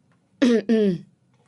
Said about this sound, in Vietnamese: Anh ta ho lên vài tiếng.